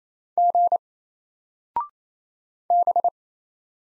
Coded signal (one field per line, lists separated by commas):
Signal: Morse code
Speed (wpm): 27 wpm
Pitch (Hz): 700 Hz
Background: none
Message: G B